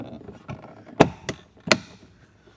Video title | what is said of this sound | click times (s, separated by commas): 2026 Ford Explorer Door Panel, Plate & Carrier Removal/Installation (Step-by-Step Guide) | here because that's nice and easy, and then this just clicks back in. | 1.0 s, 1.7 s